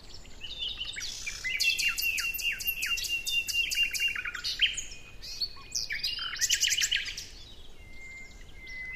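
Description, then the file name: Common nightingale song: dense bursts of loud, rapid repeated notes and chattering phrases, ending with a thin drawn-out whistle. "Luscinia megarhynchos"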